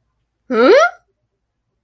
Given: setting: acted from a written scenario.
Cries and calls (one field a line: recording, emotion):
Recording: vocal sound without words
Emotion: positive surprise